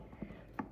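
A plastic divider is pushed into the slots of a plastic art supply storage bin, a fit that takes a minute to get in correctly. After a soft bump near 0.2 s, a sharp hit sounds at 0.6 s as the divider seats in place.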